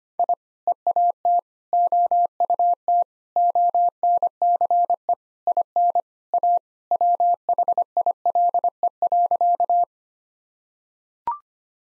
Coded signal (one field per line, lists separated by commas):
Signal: Morse code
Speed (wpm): 25 wpm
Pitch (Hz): 700 Hz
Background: none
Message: I EAT OUT ONCE IN A WHILE.